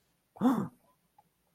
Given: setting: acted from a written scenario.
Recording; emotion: vocal sound without words; negative surprise